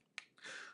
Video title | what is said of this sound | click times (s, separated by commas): Testing Ecamm + Whatnot + Weighing Products | H it just clicks into place. | 0.2 s